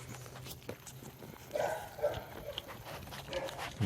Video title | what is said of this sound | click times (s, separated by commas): 05 Honda CRV crank no start fix | you hear it click and if it | 2.6 s